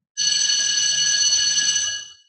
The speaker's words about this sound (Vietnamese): Sáng sớm, khoảng chừng 5-6 giờ, khi từng tia sáng mới xuất hiện trên nền trời, tiếng chuông báo thức của trại tạm giam đã vang lên, cả đám tù nhân liền nhanh chóng xuống giường.